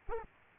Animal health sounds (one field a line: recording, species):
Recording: mosquito wingbeat signal from an infrared sensor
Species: Culex quinquefasciatus